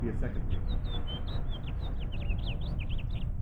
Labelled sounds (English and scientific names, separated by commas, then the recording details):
House Finch (Haemorhous mexicanus) song
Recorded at North Valley Stream on Long Island, New York, on 17 June 1975
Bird E